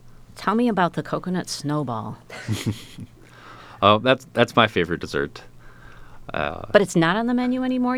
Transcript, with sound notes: Tell me about the Coconut snowball. [LAUGHTER]
That's my favorite dessert.
But it's not on the menu anymore?